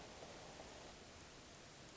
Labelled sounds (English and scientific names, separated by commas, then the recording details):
Hermit Thrush (Catharus guttatus)
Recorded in Sonoma County, California